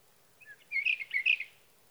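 Sage thrasher song, a short burst of quick warbled notes after a few soft introductory notes, then quiet.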